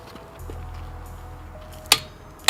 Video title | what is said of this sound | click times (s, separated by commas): Saturn Oil Change and Tire Rotation 2.2L Ecotech Z22SE | there we go I was like is it defective is it ever gonna click | 1.9 s, 2.5 s